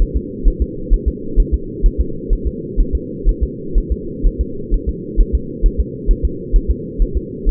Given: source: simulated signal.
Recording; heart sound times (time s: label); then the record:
fetal heart sounds
0.02 s: S1
0.17 s: S2
0.48 s: S1
0.62 s: S2
0.94 s: S1
1.08 s: S2
1.40 s: S1
1.54 s: S2
1.86 s: S1
2.01 s: S2
2.33 s: S1
2.47 s: S2
2.80 s: S1
2.95 s: S2
3.29 s: S1
3.43 s: S2
3.78 s: S1
3.92 s: S2
4.27 s: S1
4.41 s: S2
4.74 s: S1
4.89 s: S2
5.21 s: S1
5.35 s: S2
5.66 s: S1
5.80 s: S2
6.11 s: S1
6.25 s: S2
6.56 s: S1
6.71 s: S2
7.02 s: S1
7.17 s: S2
7.49 s: S1
From the record:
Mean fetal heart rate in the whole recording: 130 bpm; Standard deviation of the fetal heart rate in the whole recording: 4 bpm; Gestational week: 38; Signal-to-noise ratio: -4.3 dB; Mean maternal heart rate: 72 bpm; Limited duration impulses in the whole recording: present